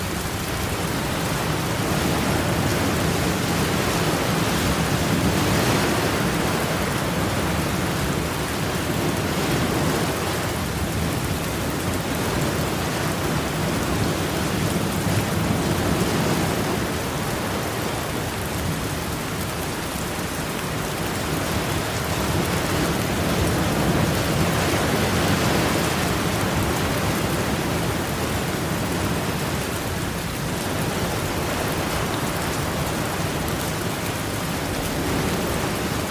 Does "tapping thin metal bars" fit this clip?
no